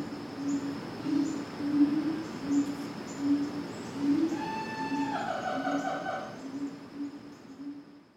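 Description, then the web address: Monkey calls, a steady series of low hoots, joined midway by a drawn-out, falling, wavering wail. Monkeys in a cage at a zoo. "sound-effects-bible Zoo Monkey Cage"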